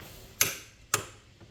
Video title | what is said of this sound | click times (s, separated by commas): Suercup Torque Wrench Rewiew - YeahPete | and you're going to do it in a smooth motion all the way until it clicks | 0.4 s